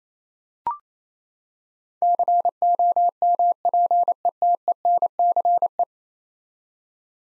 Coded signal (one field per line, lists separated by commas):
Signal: Morse code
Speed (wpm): 27 wpm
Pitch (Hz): 700 Hz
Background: none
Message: COMPETENCE